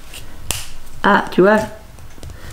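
A wax seal stamp head or cap is pushed into its handle and clicks home at 0.5 s with a sharp, bright snap. Someone talks right after, and a couple of faint ticks follow near 2.0 and 2.2 s. The part is seated.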